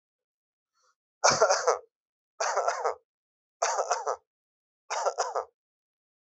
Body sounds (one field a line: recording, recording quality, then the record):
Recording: heavy voluntary cough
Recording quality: excellent, no background noise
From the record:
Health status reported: exposed to COVID-19, no respiratory illness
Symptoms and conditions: diabetes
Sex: male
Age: 35 years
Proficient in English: yes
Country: India